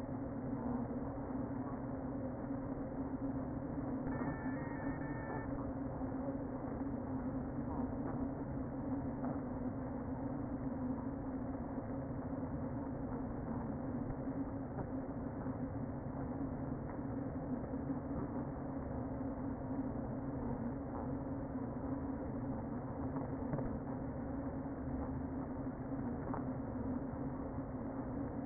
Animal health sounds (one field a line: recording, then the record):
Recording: honeybee colony, microphone inside the hive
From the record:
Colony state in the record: queen present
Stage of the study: before two queens were removed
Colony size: about 60,000 bees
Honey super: yes